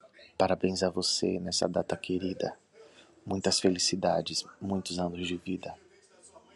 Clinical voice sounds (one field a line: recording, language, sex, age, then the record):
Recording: short text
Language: Brazilian Portuguese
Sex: male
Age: 30 to 39 years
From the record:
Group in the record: control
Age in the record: 30 years